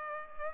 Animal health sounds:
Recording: mosquito wingbeat signal from an infrared sensor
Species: Culex pipiens

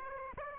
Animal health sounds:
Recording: mosquito wingbeat signal from an infrared sensor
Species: Aedes aegypti

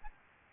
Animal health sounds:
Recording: mosquito wingbeat signal from an infrared sensor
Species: Aedes albopictus

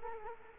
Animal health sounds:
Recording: mosquito wingbeat signal from an infrared sensor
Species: Culex quinquefasciatus

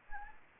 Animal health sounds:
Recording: mosquito wingbeat signal from an infrared sensor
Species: Anopheles arabiensis

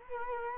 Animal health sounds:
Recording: mosquito wingbeat signal from an infrared sensor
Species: Culex quinquefasciatus

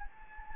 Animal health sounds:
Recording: mosquito wingbeat signal from an infrared sensor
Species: Anopheles gambiae

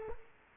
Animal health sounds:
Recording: mosquito wingbeat signal from an infrared sensor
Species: Culex quinquefasciatus

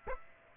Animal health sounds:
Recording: mosquito wingbeat signal from an infrared sensor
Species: Aedes aegypti

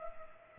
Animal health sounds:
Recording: mosquito wingbeat signal from an infrared sensor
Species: Culex pipiens

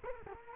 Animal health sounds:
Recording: mosquito wingbeat signal from an infrared sensor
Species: Culex quinquefasciatus

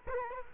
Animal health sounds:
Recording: mosquito wingbeat signal from an infrared sensor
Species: Culex quinquefasciatus

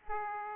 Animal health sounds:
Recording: mosquito wingbeat signal from an infrared sensor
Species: Aedes aegypti

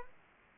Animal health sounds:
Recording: mosquito wingbeat signal from an infrared sensor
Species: Aedes aegypti

